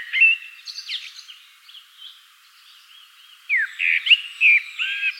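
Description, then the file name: Common blackbird song: clear whistled phrases and quick sweeps, a quiet stretch in the middle, then a louder burst of fluty notes. "Turdus merula"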